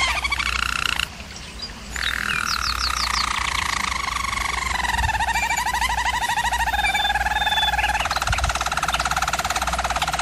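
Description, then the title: German Roller canary song with a brief pause near the start, then long pulsed rolls gliding gradually lower, ending on a deep steady tour. Singing; used for canary training. "German Roller Canary Singing - Canary Training Vid"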